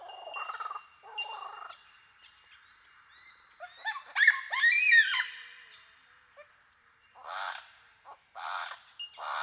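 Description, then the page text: Superb lyrebird song, a jumble of varied elements: buzzy bursts, a steady thin whistle, then loud ringing harmonic notes in the middle and harsh noisy phrases near the end. "Большая птица-лира - Superb Lyrebird (Menura novaehollandiae)"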